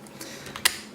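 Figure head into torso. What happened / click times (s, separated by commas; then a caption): The plastic part snapped into place / 0.7 s. A plastic MPM-10 Starscream Transformers figure's head is pushed down into its torso after a retry, with faint taps before it. It seats with a sharp click at 0.7 s.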